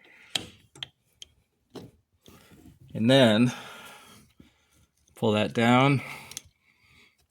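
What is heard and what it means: An aircraft control cable for Cessna-style controls on a Sonex Aeroinjector is lined up one-handed and pulled down toward a slot in an aluminum retaining piece in the cockpit. Sharp taps and ticks of handling are heard between stretches where someone talks. Nothing has seated or clicked into place yet.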